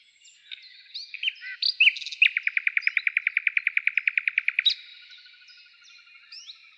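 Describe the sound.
Bird calls: scattered chirps, then a fast, even trill of about twenty notes lasting over two seconds, followed by softer high twitters.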